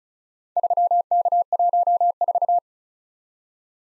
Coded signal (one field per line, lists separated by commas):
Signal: Morse code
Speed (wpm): 36 wpm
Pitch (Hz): 700 Hz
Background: none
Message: 3K14